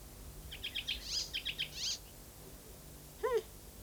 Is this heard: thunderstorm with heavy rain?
no